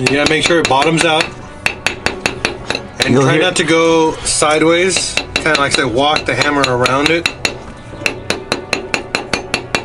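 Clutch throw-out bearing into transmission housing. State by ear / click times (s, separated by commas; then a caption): not seated / none. A clutch throw-out bearing for a VW MK2 O2O is hammered into its bore in the transmission housing, with the hammer walked around it so it goes in straight until it bottoms out. Someone talks while sharp metallic hammer taps ring out in quick, evenly spaced runs, loudest around 1.7 to 2.7 seconds and again from about 8.1 to 9.2 seconds. The bearing has not bottomed out or seated yet.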